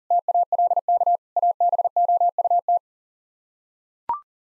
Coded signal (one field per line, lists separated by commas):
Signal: Morse code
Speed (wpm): 39 wpm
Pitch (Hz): 700 Hz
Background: none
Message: TALK ABOUT